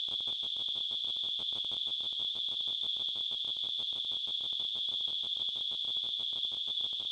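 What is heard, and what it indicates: A steady, high-pitched device-generated tone near 3.5 kHz over a fast, faint low pulsing, a simulation of tinnitus from the GTL (gtl.org).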